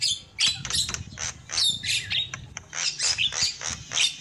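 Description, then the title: Lovebird calls: short shrill chirps and squeaky bursts at irregular intervals, separated by brief gaps, with a low background hum. Used as a lure call for trapping lovebirds. "PIKAT BURUNG LOVEBIRD"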